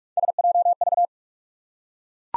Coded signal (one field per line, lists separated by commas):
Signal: Morse code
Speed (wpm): 44 wpm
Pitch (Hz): 700 Hz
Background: none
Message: SJV